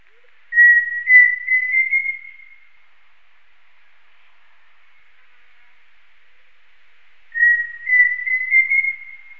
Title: LuckyPassaro Completos2Sama. Pheasant Cuckoo (Dromococcyx phasianellus)